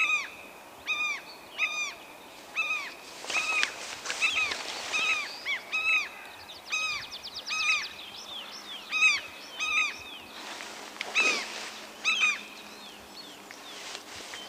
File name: Fiskmas